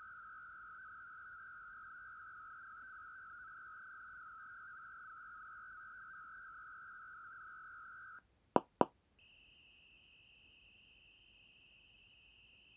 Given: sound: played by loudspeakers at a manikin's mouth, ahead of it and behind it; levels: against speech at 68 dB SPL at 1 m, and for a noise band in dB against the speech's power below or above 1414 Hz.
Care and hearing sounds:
test signals for a remote microphone
0.00-8.19 s: noise band at 1414 Hz, as loud as that band is in speech
8.56 s: click
8.81 s: click
9.19-12.77 s: noise band at 2828 Hz, as loud as that band is in speech
From the record:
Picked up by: measurement microphone

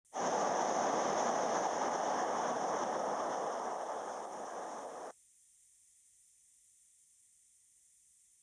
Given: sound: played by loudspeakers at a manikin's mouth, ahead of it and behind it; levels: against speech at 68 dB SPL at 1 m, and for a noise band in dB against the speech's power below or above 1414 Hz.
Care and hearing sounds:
test signals for a remote microphone
0.11-5.11 s: speech-spectrum noise from the mouth, +10 dB
From the record:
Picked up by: remote microphone B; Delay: 24 ms

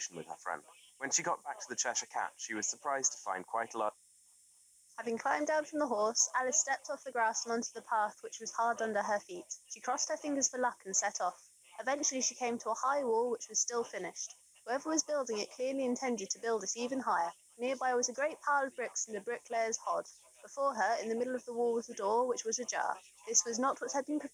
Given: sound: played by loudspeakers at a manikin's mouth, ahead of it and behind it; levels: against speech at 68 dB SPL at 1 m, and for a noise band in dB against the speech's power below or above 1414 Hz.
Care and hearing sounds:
test signals for a remote microphone
0.00-3.88 s: man speaking, babble ahead at +6 dB SNR for speech at 1 m
4.88-24.34 s: woman speaking, babble ahead at +6 dB SNR for speech at 1 m
From the record:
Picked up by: remote microphone C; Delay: 23 ms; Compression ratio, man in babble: 1.37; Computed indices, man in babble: HASPI 0.990, HASQI 0.225 (non-linear 0.266, linear 0.842), ESTOI 0.695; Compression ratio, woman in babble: 1.51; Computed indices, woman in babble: HASPI 0.867, HASQI 0.307 (non-linear 0.358, linear 0.857), ESTOI 0.784

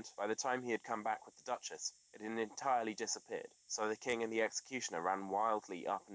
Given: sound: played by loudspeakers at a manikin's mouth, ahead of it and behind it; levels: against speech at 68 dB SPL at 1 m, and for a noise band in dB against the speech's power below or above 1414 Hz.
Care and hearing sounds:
test signals for a remote microphone
0.00-6.15 s: man speaking
From the record:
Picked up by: remote microphone D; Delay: 24 ms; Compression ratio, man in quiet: 1.31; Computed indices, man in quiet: SII 0.994, HASPI 0.998, HASQI 0.363 (non-linear 0.417, linear 0.872), ESTOI 0.824

